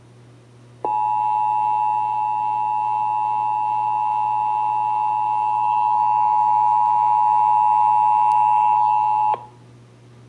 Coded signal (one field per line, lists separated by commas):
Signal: Emergency Alert System (SAME) tones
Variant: 853 and 960 Hz attention tone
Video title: (EAS #282-283) Child Abduction Emergency (KSCS-FM, KFWR-FM)